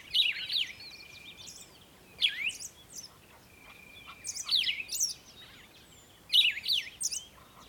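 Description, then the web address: Birdsong in several bursts of varied chirps and sweeping whistles, with a steady thin whistle held between phrases. Morning birdsong. "morning birds singing"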